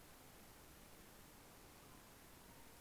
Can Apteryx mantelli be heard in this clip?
no